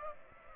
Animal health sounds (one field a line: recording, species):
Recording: mosquito wingbeat signal from an infrared sensor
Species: Aedes aegypti